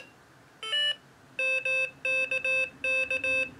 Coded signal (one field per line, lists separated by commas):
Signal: Morse code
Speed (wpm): 18 wpm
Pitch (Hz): 2600 Hz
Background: none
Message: MKK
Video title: Morserino-32 Extended Review